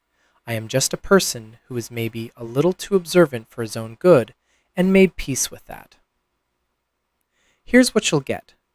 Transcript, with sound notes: I am just a person who is maybe a little too observant for his own good and made peace with that. [pause] Here's what you'll get: